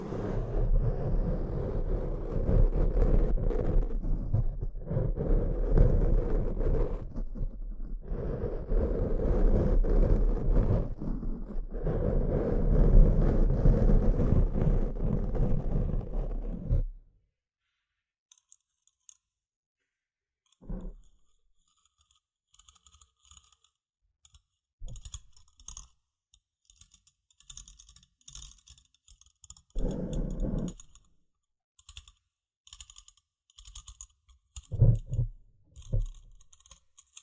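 Tapping and scratching sounds: for the first seventeen seconds a dense, continuous low scraping rumble with brief dips, then it stops abruptly. After that, sparse clicks and short taps come irregularly, with small bursts near 21, 30 and 35 seconds.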